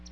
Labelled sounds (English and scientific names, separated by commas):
Palm Warbler (Setophaga palmarum) flight call